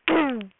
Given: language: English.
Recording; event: throat vibration sensor signal played as sound; throat clearing